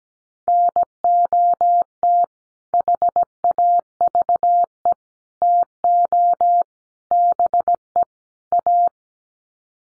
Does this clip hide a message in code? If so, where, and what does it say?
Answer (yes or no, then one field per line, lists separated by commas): yes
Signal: Morse code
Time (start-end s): 0.5-8.9 s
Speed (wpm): 17 wpm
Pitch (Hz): 700 Hz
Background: none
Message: NOT HAVE TO BE A